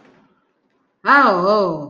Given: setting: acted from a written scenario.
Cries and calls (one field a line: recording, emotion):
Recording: vocal sound without words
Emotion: desire